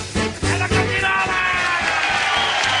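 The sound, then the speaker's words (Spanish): An audience breaks into loud, sustained applause and cheering that stays dense and steady for about three seconds, with a faint rhythmic low thumping underneath. “No lo aplaudan. No lo aplaudan a Chirola.”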